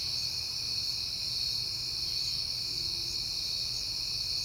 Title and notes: Night Time: Crickets and Passing Cars. It is September and I have been hearing the crickets a lot, but finally had a peaceful night to make the recording